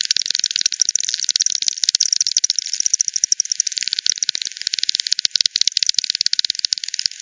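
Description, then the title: Bat echolocation heard as a steady rattle of rapid clicks, ticking without pause for about seven seconds. Multiple bats at Hogsmill River, Hogsmill Lane, 7 October 2020 at 18:10 Z; recorded with frequency division (FD 10), bandpass filtered and resampled. "bat 20201007 T 18 : 10 Z-Hogsmill-Lane-Hogsmill-River-multiple-bats-FD 10"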